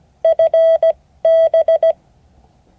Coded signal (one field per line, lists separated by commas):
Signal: Morse code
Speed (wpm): 17 wpm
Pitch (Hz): 650 Hz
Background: none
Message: FB